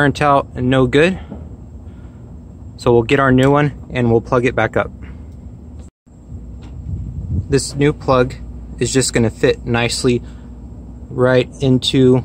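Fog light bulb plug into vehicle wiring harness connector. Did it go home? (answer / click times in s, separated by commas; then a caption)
no / none. A new fog light bulb's plug on a Nissan Titan is brought up to the vehicle's existing wiring harness connector and lined up before being pushed home. Someone talks throughout over a low rumble, with a brief dropout near 6 seconds. Nothing has seated or clicked yet.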